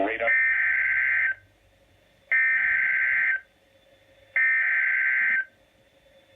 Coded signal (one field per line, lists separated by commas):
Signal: Emergency Alert System (SAME) tones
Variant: header bursts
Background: speech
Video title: Severe Thunderstorm Warning, EAS Alert